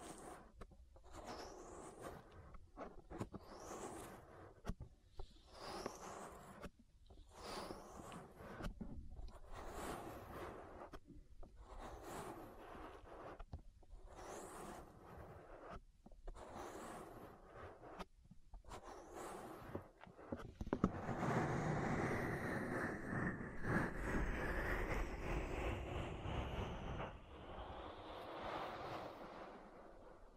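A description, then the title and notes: An ear massage made of rhythmic rubbing strokes, each a rough scraping swish that repeats roughly every one to two seconds for the first twenty seconds. After that the rubbing turns into a louder, continuous rustling that stays dense and steady until the end. ASMR Relaxing Ear Massage. (No Talking).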